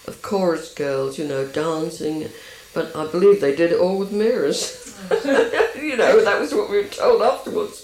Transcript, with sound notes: chorus girls. You know, dancing. I believe they did it all with mirrors! [bursts out laughing]
Ah!
You know. That was what we were told afterwards.